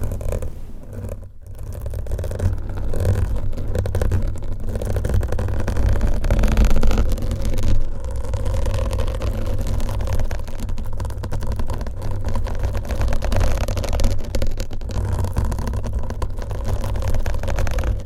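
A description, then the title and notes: Long nails scratch and rub over a covered microphone, making a thick, continuous low rumble with a rough, whirring texture and a faint scratchy crackle on top. Sound briefly thins out near the start, then stays dense and fairly even for the rest. ASMR Mic Scratching & Massage with XXL ULTRA LONG NAILS , Different Mic Covers & Mics No Talking.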